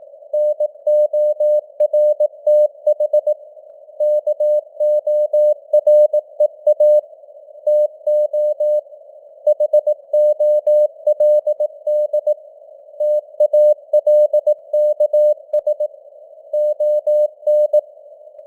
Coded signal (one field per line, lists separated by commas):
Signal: Morse code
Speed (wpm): 18 wpm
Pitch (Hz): 600 Hz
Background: none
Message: NORTH KOREA TO HOLD TALKS ON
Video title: Morse Code News | 2025-11-17 | 18wpm